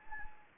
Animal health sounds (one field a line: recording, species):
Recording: mosquito wingbeat signal from an infrared sensor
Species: Anopheles gambiae